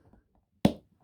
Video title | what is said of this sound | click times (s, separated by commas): Transformers Reviews - Studio Series 86 Scavenger | as you probably heard, that's meant to click into place. There we go. | 0.6 s